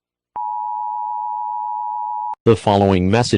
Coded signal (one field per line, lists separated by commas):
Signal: Emergency Alert System (SAME) tones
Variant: 853 and 960 Hz attention tone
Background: speech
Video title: EAS Scenario #9 The Finale (The Longest Eas Scenario Video Ever)